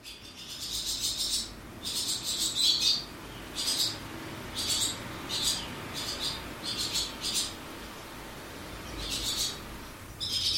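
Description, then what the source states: Barn Swallow nest calls: bursts of high, harsh chirping in short clusters separated by brief pauses, with a steady low background hiss. Swallow's nest in an old ice house in a small community on the west coast of Scotland.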